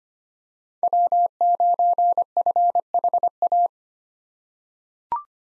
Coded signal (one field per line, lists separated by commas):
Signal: Morse code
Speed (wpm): 25 wpm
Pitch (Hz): 700 Hz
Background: none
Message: W9FHA